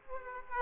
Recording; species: mosquito wingbeat signal from an infrared sensor; Aedes aegypti